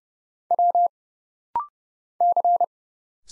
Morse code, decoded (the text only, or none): W C